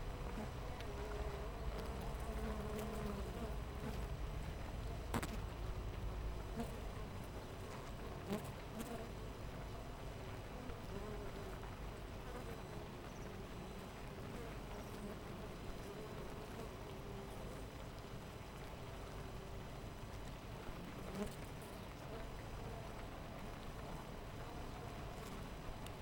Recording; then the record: honeybee colony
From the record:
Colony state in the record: missing queen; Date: 14 July 2017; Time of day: 6:53